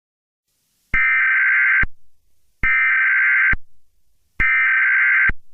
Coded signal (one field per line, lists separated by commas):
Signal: Emergency Alert System (SAME) tones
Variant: header bursts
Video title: Anti - Santa: A Christmas EAS Scenario